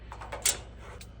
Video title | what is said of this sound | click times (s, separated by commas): First Clean and Blackstone Seasoning@ROMARRATESPLATES #blackstone#cleaning#seasoning#tipsandtricks | Hear that little click? | 0.5 s